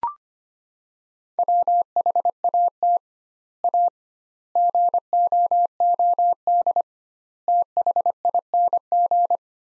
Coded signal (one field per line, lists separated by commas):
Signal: Morse code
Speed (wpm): 25 wpm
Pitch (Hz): 700 Hz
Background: none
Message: WHAT A GOOD THING